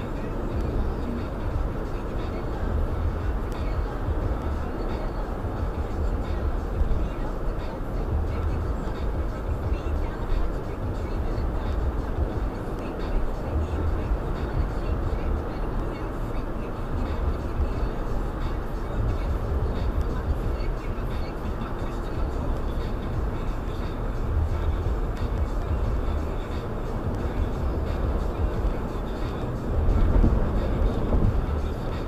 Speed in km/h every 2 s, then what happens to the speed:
111, 111, 108, 108, 111, 109, 111, 118, 113, 111, 111, 111, 111, 111, 109, 111.
0-32 steady at about 111.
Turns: none.